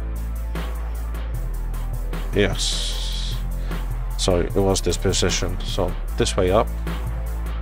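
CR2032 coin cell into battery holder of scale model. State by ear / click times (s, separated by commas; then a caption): not seated / none. A CR2032 coin cell battery is handled and turned the right way up for the battery holder in the electronics of a Nissan Skyline R34 GT-R scale model. Someone talks over background music, with a brief louder bump around 2.1 s. The clip ends before the battery goes in, so nothing has seated or clicked yet.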